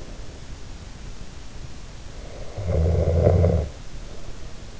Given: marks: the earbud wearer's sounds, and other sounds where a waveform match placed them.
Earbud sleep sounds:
sounds in sleep by an in-ear microphone; snoring breath
2.21-3.76 s: snoring breath

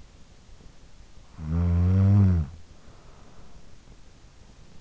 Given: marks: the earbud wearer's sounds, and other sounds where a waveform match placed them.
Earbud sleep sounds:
sounds in sleep by an in-ear microphone; snoring breath
1.07-3.73 s: snoring breath

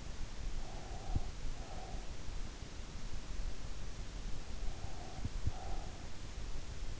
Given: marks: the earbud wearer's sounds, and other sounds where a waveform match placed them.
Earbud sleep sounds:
sounds in sleep by an in-ear microphone; breath
0.62-2.23 s: breath
4.82-6.24 s: breath

